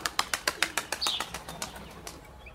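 A rapid burst of wing flaps as pigeons at a main railway station take off, about a dozen sharp rhythmic beats that quicken then trail off, with a faint chirp in the background and no talking.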